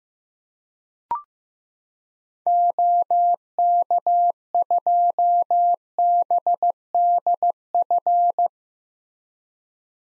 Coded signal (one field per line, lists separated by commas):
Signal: Morse code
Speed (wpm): 15 wpm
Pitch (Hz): 700 Hz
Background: none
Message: OK2BDF